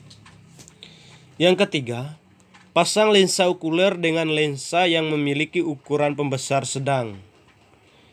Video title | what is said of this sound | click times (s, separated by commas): Kelompok makhluk hidup berukuran kecil | ditanya ditandai bunyi klik pada revolver yang | 0.7 s, 0.8 s